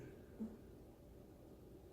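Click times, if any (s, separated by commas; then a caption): none. A progesterone auto-injector pen is placed against the fatty part of the upper arm and lined up before activation. There is a soft low bump around 0.4 s over quiet low hum. Nothing has clicked yet.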